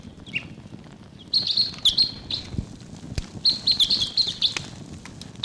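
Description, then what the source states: Red Crossbill calls: sharp, high chips repeated in quick clusters, with a pause before a second busy burst of calling. Type 6; decoy bird calling while the decoys are excited; Barfoot Park, October 11, around 1:55 p.m.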